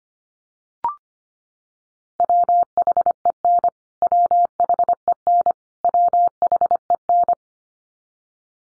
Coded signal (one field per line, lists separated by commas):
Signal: Morse code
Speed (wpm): 25 wpm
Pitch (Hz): 700 Hz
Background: none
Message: WHEN WHEN WHEN